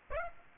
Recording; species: mosquito wingbeat signal from an infrared sensor; Aedes aegypti